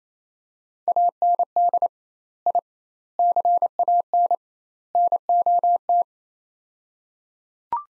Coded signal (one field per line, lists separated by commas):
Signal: Morse code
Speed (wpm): 28 wpm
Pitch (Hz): 700 Hz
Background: none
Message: AND I CAN NOT